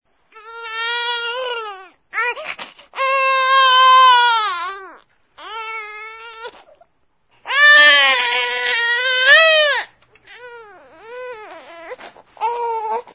Crying baby.